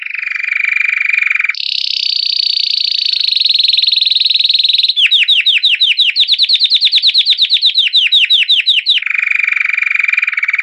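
Canary song in rapid rolling tours: a low buzzy trill, then a higher sustained roll, a run of fast sweeping chirps, and a return to the low trill.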